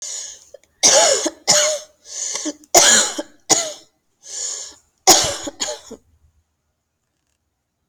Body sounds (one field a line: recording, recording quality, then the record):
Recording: heavy voluntary cough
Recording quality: excellent, no background noise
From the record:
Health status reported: healthy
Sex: female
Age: 30 years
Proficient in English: yes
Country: India